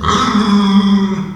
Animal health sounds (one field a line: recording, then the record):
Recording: squeal of a Yucatan mini pig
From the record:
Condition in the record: after surgery on the right vocal fold (resection and tissue-engineered implant)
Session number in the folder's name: 15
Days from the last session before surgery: 175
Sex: female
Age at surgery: 19 weeks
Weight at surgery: 25 kg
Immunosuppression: prednisolone